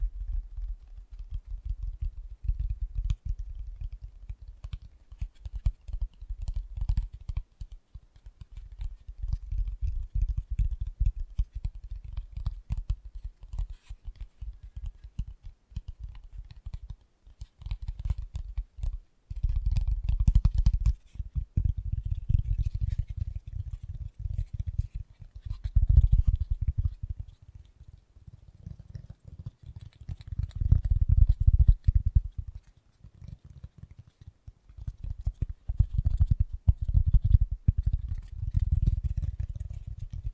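Fast, gentle tapping runs almost without pause, a dense stream of soft, low thuds with faint light clicks on top. The pace stays quick and steady, broken only by brief gaps near 18, 26 and 33 seconds before the tapping resumes.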